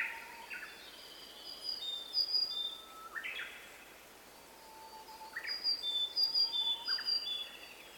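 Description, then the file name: Willow tit giving harsh, buzzy note bursts at irregular intervals, amid scattered thin, high whistles and a low, drawn-out whistle. "kogara"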